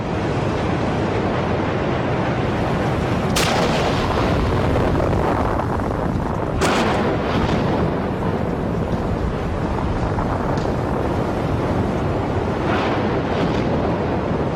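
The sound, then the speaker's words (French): A continuous, heavy rumbling roar of enormous volcanoes erupting on the early Earth as seas of lava form, with a few sharper blasts bursting through about a third and halfway in, then again near the end. No voices. “De gigantesques mers de lave se forment à la surface, ainsi que d'énormes volcans.”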